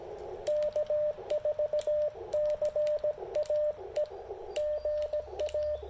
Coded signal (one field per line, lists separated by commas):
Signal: Morse code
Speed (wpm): 17 wpm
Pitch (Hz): 600 Hz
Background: radio noise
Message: K4CAE GA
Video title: Poor propagation but impressive QRP DX with the CHA MPAS 2.0 and Icom IC-705